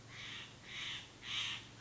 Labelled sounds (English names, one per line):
Steller's Jay